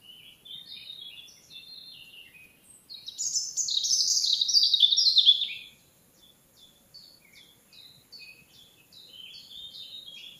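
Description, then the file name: European robin song: a soft opening phrase, then a loud rich burst of high warbling, followed by a series of quieter, short, repeated high notes. "Erithacus rubecula"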